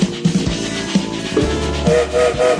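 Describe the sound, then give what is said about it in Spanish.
A train whistle sounds in steady, tonal blasts over the rhythmic low chugging and clatter of a train, with no voices. “Sonó el silbato y nos ponemos en marcha.”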